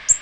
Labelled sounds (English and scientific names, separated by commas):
Black-throated Green Warbler (Setophaga virens) flight call